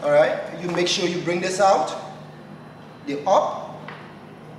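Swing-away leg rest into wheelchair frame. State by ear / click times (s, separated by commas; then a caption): seated / 3.9 s. A swing-away leg rest is fitted onto a wheelchair frame, its upper pin hooked in and its lower pin dropped into the frame hole until it locks. Someone talks, and a short click is heard at 3.9 s as the leg rest seats in place.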